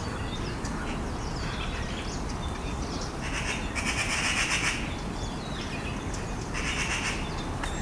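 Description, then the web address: Eurasian magpie chatter: a longer harsh rattle in the middle, then a shorter one a couple of seconds later, with faint bird chirps in the background. "pub SETE data Pica pica"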